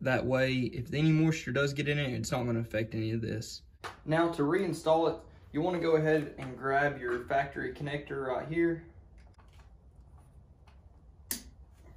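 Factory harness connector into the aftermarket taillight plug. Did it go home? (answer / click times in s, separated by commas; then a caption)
yes / 11.3 s. Someone talks while the factory wiring harness connector of a Jeep Wrangler JL is pushed onto the plastic connector of a new Oracle flush-mount aftermarket taillight during reinstallation. After a quiet stretch, one loud, sharp snap sounds at 11.3 s, and the connector is seated.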